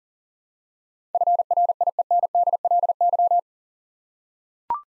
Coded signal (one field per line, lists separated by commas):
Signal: Morse code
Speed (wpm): 37 wpm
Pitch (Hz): 700 Hz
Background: none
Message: FRIENDLY